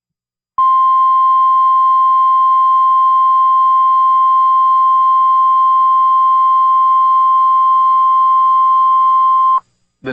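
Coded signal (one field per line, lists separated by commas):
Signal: Emergency Alert System (SAME) tones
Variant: 1050 Hz attention tone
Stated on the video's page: NOAA Weather Radio alert for a confirmed EF1 tornado, archived recording.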